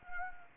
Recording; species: mosquito wingbeat signal from an infrared sensor; Anopheles arabiensis